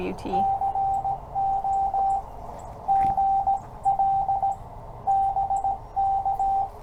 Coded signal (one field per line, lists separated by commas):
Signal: Morse code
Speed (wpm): 17 wpm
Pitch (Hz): 780 Hz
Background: speech, radio noise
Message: CO GL BK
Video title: CW Copy Practice With W4EMB 7 July